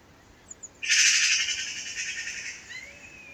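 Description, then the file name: Eurasian magpie letting out one long, harsh rattling chatter that slowly fades, with a few faint high bird notes around it. "Pica pica"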